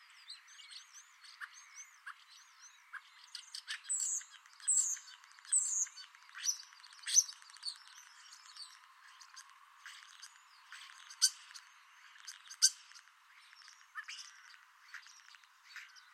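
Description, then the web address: Common starling song with scattered clicks and rattles, a run of bright high whistled notes after a few seconds, then sharp snapping sounds. "Deverinetal 2025. Bird Only"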